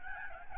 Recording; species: mosquito wingbeat signal from an infrared sensor; Aedes albopictus